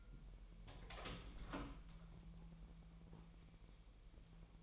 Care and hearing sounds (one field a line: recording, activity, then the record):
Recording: daily activity, microphone in the room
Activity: open door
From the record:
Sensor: 1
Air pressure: 1001.5 hPa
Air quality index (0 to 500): 249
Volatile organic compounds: 127 ppm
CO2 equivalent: 3912 ppm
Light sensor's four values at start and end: 12/29/12/13 and 13/31/13/14